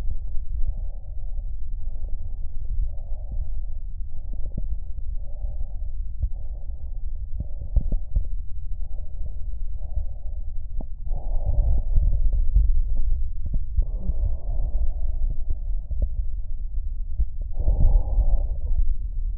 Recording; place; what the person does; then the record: lung sounds by stethoscope; right posterior basal chest; quiet breathing, then deep breathing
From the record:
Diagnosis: interstitial lung disease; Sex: female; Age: 61 years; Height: 155 cm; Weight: 75.5 kg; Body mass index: 31.4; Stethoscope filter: extended mode